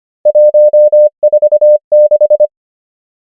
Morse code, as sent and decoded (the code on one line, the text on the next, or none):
.---- / ....- / -....
1 4 6